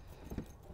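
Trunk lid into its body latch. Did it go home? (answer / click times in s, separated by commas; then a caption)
no / none. The trunk lid of a Mercedes roadster is slowly lowered toward its body latch, with soft low-pitched thumps and rustling around 0.3 to 0.4 seconds over a quiet background. The clip ends before the lid reaches the latch, so nothing has caught or seated yet.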